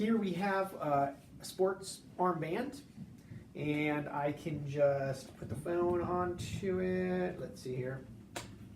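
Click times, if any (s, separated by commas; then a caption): none. Someone talks while pressing and twisting a phone in its Quad Lock case onto the plastic twist-lock adapter of a sports armband mount. Faint handling taps are heard near the end. Nothing has seated or clicked yet.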